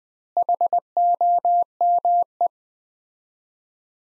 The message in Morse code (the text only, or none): HOME